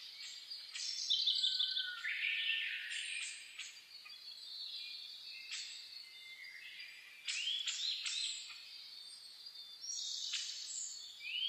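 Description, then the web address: Chorus of birds: a buzzy trill, warbling phrases, high thin whistles and scattered chips, with singers overlapping throughout. Dawn chorus (reimei) birdsong (saezuri), recorded 10 May 2010. "reimei -saezuri-20100510-0401"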